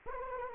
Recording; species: mosquito wingbeat signal from an infrared sensor; Anopheles arabiensis